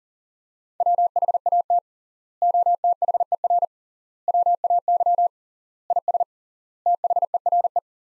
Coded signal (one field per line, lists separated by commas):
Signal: Morse code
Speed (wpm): 37 wpm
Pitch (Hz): 700 Hz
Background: none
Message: WHAT OTHER WAY IS THERE